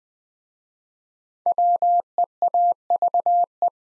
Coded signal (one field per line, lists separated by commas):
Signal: Morse code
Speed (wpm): 20 wpm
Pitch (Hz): 700 Hz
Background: none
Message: WEAVE